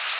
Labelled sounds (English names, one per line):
Golden-cheeked Warbler flight call